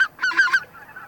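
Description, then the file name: Greater white-fronted goose honks, a short cluster of three or four nasal yelps, then fading softer calls. Flock chatter recording made for use as a decoy lure, Russia. "Белолобый базар"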